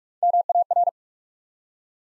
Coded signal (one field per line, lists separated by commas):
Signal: Morse code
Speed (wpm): 44 wpm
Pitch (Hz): 700 Hz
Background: none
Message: MAR